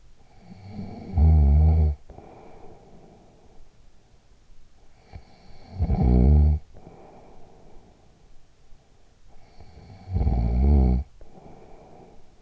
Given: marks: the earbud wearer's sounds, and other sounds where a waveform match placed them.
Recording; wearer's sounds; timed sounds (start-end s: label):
sounds in sleep by an in-ear microphone; snoring breath
0.00-3.68 s: snoring breath
4.88-8.57 s: snoring breath
9.43-12.42 s: snoring breath